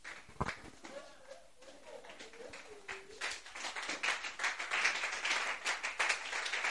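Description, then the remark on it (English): A crowd of people breaks into clapping for God that swells after a few seconds into steady, dense applause, preceded by a brief warbling tonal sound and some voices. “Yeah, clap for the Lord.”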